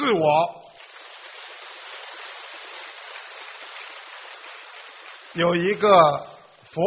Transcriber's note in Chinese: 掌声